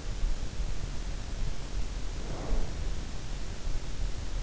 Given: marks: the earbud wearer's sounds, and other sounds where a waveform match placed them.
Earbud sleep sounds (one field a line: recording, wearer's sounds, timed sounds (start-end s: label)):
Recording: sounds in sleep by an in-ear microphone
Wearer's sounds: breath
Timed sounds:
1.72-3.34 s: breath